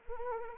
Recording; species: mosquito wingbeat signal from an infrared sensor; Anopheles arabiensis